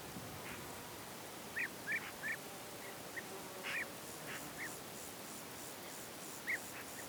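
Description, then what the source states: Bird calls: short chirps scattered throughout, mostly single, with a quick run of three early on and a steady background hiss. Birds in a field, given as background ambience.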